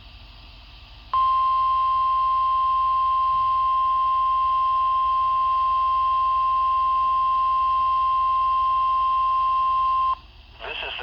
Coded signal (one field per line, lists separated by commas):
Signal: Emergency Alert System (SAME) tones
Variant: 1050 Hz attention tone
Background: speech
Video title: Required Weekly Test (11/17/21) (EAS #803)